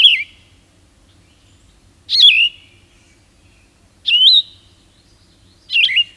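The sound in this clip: Yellow-throated vireo song, short burry slurred phrases, each dropping then wavering, repeated roughly every two seconds, four phrases in total.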